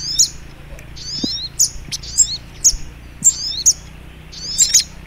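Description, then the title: High-pitched Little Spiderhunter song of piercing chip notes and brief slurred trills, repeated several times. Training (masteran) recording of the Labaik song style. "Masteran Burung Sogok Ontong Labaik"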